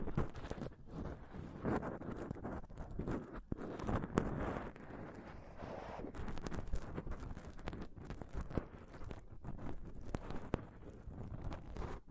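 Close-up mic scratching and touching fills the whole clip as a dense, rough rustle weighted toward the low and middle range. Sharp taps and scrapes break through irregularly, several per second, with brief brighter bursts around four and ten seconds.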